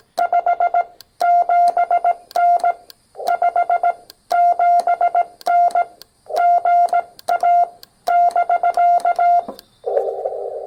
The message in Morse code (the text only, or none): 57N 57N GA <BK>